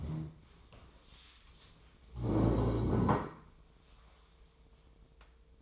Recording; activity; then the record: daily activity, microphone in the room; stand up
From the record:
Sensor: 1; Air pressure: 1005.4 hPa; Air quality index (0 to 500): 123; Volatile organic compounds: 5 ppm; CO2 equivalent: 1724 ppm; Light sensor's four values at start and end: 11/27/11/11 and 10/25/10/11